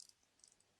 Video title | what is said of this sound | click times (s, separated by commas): Things to look at before installing a used head on your engine. 06 Saab 9-7x build. | back it up a few time or a few turns run it back down until it clicks | 0.0 s, 0.1 s, 0.4 s, 0.5 s